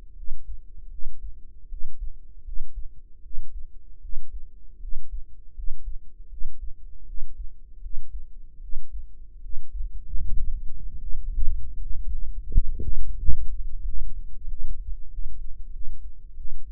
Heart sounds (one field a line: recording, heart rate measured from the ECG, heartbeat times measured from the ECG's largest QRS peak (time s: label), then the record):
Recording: heart sounds by microphone in the right ear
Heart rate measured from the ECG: 81 bpm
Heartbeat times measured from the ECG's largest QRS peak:
0.14 s: heartbeat
0.89 s: heartbeat
1.68 s: heartbeat
2.43 s: heartbeat
3.21 s: heartbeat
3.99 s: heartbeat
4.79 s: heartbeat
5.53 s: heartbeat
6.28 s: heartbeat
7.04 s: heartbeat
7.80 s: heartbeat
8.59 s: heartbeat
9.40 s: heartbeat
10.18 s: heartbeat
10.97 s: heartbeat
11.76 s: heartbeat
12.50 s: heartbeat
13.18 s: heartbeat
13.83 s: heartbeat
14.47 s: heartbeat
15.08 s: heartbeat
15.71 s: heartbeat
16.35 s: heartbeat
From the record:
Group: healthy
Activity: rest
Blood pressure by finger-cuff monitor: 91/53 mmHg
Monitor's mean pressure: 66 mmHg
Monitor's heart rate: 79 bpm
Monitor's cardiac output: 7.2 L/min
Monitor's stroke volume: 90 mL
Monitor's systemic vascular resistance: 650 dyn s/cm5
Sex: female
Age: 19 years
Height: 163 cm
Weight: 48.9 kg